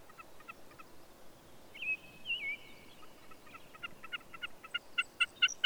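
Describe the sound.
Bird song under steady background hiss: scattered short notes, a pair of slurred whistles, then quick repeated ringing notes building in loudness.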